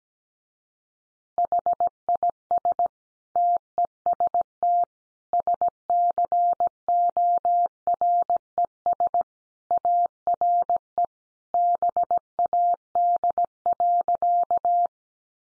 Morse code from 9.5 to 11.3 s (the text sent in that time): ARE